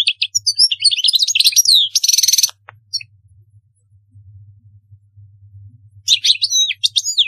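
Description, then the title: European goldfinch song, a jumble of tinkling twitters and a buzzy rattle, silence, then another brief twittering phrase; faint hum in the gaps. "Chant Chardonneret"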